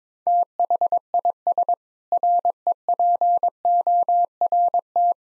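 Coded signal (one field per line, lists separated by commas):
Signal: Morse code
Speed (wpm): 22 wpm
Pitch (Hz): 700 Hz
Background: none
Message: THIS REPORT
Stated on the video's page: Morse code practice at 22 wpm: sentences built from common seven-word phrases, each sent, then spoken, then sent again, for head-copy.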